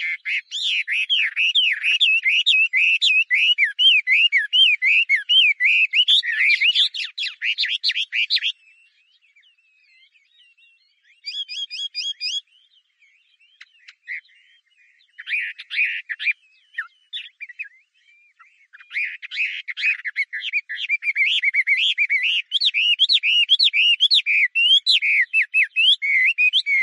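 A hwamei thrush sings a rapid, rich run of varied whistled and warbled phrases for the first eight seconds. After a near-silent gap with a brief trill of repeated notes and a few scattered calls, the full song resumes from about nineteen seconds, bright.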